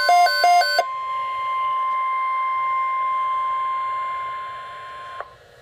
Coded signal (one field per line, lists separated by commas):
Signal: Emergency Alert System (SAME) tones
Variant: 1050 Hz attention tone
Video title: EAS FAIL! Flash Flood Watch + Severe Thunderstorm Warning - EAS #369-370